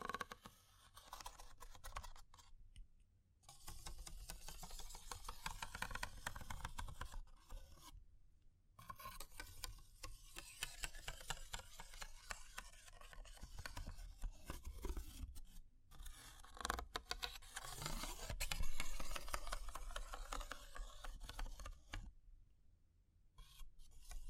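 Fire crackling with dense, irregular pops and snaps running through most of the recording, over a low rumbling bed. Brief near-silent gaps break it around 3, 8, 16 and 22 seconds, and the crackle swells loudest near 18 seconds.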